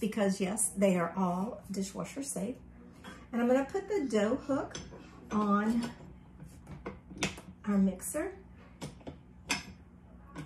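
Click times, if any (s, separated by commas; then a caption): 9.5 s. Someone talks while a dough hook is fitted onto a stand mixer's drive shaft and twisted until it locks. Brief knocks sound around 6.9 and 7.2 seconds, and a sharp click at 9.5 seconds marks the hook locking in place.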